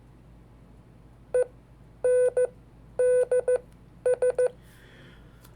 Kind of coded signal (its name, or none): Morse code